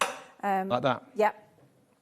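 A locking caster wheel brake on the centre section of a folding craft or cutting table is being handled so the wheels won't move during cutting, while someone talks in short bursts. The caster has not clicked into its locked position yet within the clip.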